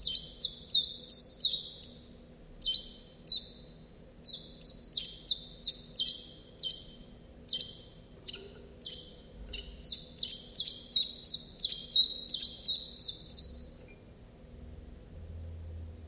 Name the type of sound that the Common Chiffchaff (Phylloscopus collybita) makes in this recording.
song